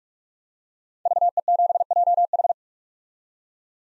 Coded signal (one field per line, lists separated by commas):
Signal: Morse code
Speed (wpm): 47 wpm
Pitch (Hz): 700 Hz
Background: none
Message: VE7JH